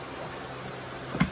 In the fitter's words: Okay. So, automatic siya. Nag-lock na yan kapag naisalpak nyo na mabuti.